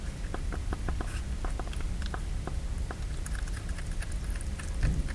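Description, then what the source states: Hedgehog feeding, with quick clicks in uneven runs over a continuous low-pitched background hum. A hedgehog eating.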